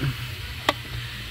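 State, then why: Seated. The plastic cabin filter access cover of a 2022–2024 Nissan Almera is pressed back into the dashboard housing behind the glovebox, at the bottom and then at the top. A single sharp click is heard at 0.7 s over a low steady hum. The clips click in and the cover is seated and locked.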